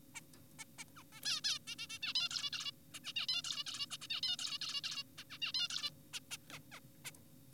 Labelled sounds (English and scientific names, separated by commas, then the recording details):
Zebra Finch (Taeniopygia guttata)
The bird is an adult
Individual g4p5U